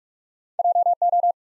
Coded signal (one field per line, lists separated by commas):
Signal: Morse code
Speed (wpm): 44 wpm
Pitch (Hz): 700 Hz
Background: none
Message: J O